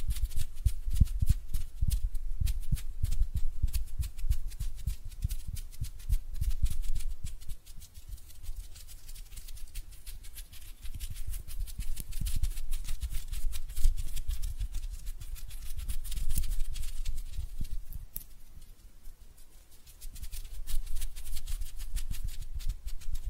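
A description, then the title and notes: Hand sounds with no talking: a continuous run of dense, rapid rubbing and rustling, full of tiny crackles. Soft low thumps sit under it throughout. The activity eases a little around eight seconds and again near twenty seconds, then picks back up. ASMR Relaxing Hand Sounds (No Talking).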